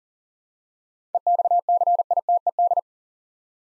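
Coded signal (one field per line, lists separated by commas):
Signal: Morse code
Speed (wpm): 39 wpm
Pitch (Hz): 700 Hz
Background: none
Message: EXCITED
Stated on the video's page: Morse code practice drill of 7-letter words at 40 wpm, each word sent twice, for head-copy and instant character recognition.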